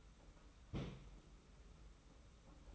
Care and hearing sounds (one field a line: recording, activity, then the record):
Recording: daily activity, microphone in the room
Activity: place on stove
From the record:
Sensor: 1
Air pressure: 991.1 hPa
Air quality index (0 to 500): 91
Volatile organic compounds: 33 ppm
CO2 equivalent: 3027 ppm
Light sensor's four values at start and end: 36/116/45/47 and 36/116/45/47